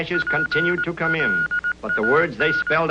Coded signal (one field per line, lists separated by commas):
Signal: Morse code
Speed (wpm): 19 wpm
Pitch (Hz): 1440 Hz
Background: speech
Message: PLAN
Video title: MGM Short Film Ham Radio 1939